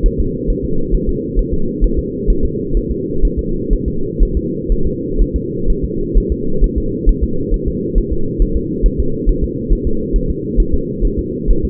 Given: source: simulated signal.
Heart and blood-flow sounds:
fetal heart sounds
0.06 s: S1
0.20 s: S2
0.50 s: S1
0.65 s: S2
0.95 s: S1
1.09 s: S2
1.39 s: S1
1.54 s: S2
1.84 s: S1
1.99 s: S2
2.30 s: S1
2.45 s: S2
2.77 s: S1
2.91 s: S2
3.25 s: S1
3.39 s: S2
3.73 s: S1
3.88 s: S2
4.23 s: S1
4.37 s: S2
4.72 s: S1
4.87 s: S2
5.22 s: S1
5.36 s: S2
5.70 s: S1
5.84 s: S2
6.18 s: S1
6.32 s: S2
6.64 s: S1
6.78 s: S2
7.09 s: S1
7.24 s: S2
7.54 s: S1
7.68 s: S2
7.98 s: S1
8.12 s: S2
8.42 s: S1
8.57 s: S2
8.86 s: S1
9.00 s: S2
9.29 s: S1
9.44 s: S2
9.73 s: S1
9.87 s: S2
10.16 s: S1
10.30 s: S2
10.60 s: S1
10.74 s: S2
11.05 s: S1
11.19 s: S2
11.51 s: S1
11.65 s: S2
From the record:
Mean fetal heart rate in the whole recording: 130 bpm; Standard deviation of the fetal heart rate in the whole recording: 4 bpm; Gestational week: 38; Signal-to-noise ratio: -8.1 dB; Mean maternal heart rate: 72 bpm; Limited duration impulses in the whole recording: absent

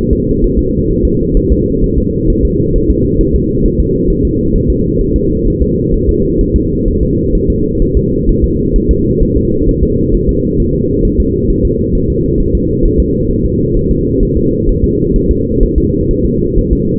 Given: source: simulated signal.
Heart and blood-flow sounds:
fetal heart sounds
0.13 s: S2
0.44 s: S1
0.59 s: S2
0.91 s: S1
1.05 s: S2
1.37 s: S1
1.52 s: S2
1.84 s: S1
1.98 s: S2
2.30 s: S1
2.45 s: S2
2.76 s: S1
2.90 s: S2
3.21 s: S1
3.36 s: S2
3.66 s: S1
3.80 s: S2
4.10 s: S1
4.25 s: S2
4.56 s: S1
4.70 s: S2
5.01 s: S1
5.16 s: S2
5.48 s: S1
5.62 s: S2
5.94 s: S1
6.09 s: S2
6.41 s: S1
6.56 s: S2
6.88 s: S1
7.03 s: S2
7.35 s: S1
7.50 s: S2
7.82 s: S1
7.97 s: S2
8.29 s: S1
8.44 s: S2
8.76 s: S1
8.91 s: S2
9.23 s: S1
9.37 s: S2
9.69 s: S1
9.83 s: S2
10.14 s: S1
10.29 s: S2
10.60 s: S1
10.75 s: S2
11.05 s: S1
11.20 s: S2
11.50 s: S1
11.65 s: S2
11.95 s: S1
12.10 s: S2
12.40 s: S1
12.55 s: S2
12.86 s: S1
13.00 s: S2
13.31 s: S1
13.46 s: S2
13.77 s: S1
13.91 s: S2
14.23 s: S1
14.37 s: S2
14.69 s: S1
14.84 s: S2
15.16 s: S1
15.31 s: S2
15.63 s: S1
15.78 s: S2
16.11 s: S1
16.25 s: S2
16.59 s: S1
16.73 s: S2
From the record:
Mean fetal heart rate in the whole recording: 130 bpm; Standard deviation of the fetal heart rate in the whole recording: 4 bpm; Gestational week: 38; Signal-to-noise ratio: -14.7 dB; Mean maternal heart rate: 72 bpm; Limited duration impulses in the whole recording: present

